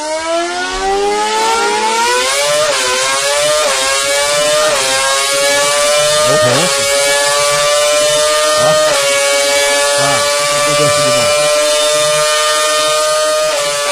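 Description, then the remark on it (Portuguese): A recording of how an old Formula 1 engine used to sound: it screams at high pitch, its whine climbing and then dropping sharply with each of about five gear changes, loud and continuous throughout with no talking. “Ela trouxe aqui dois áudios. Um é do motor como era. E o outro do motor como é.”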